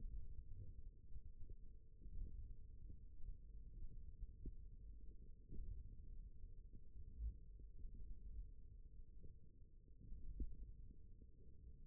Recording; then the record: forearm muscle sounds (acoustic myography)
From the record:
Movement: thumb flexion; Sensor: system 1, eight BSWA MPA416 microphones around the upper forearm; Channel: 4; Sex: male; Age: 28 years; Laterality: right